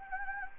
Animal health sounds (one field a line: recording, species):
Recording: mosquito wingbeat signal from an infrared sensor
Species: Anopheles gambiae